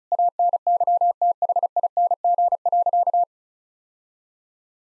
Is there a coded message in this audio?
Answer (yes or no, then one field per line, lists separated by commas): yes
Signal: Morse code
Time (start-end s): 0.1-3.2 s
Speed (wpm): 36 wpm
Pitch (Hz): 700 Hz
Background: none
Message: ANYTHING.